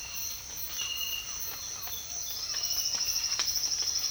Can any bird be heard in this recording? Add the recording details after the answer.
no. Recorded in secondary vegetation near Puerto Asís, Putumayo, Colombia, on 8 March 2025 at 06:30. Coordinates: 0.498, -76.327. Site G001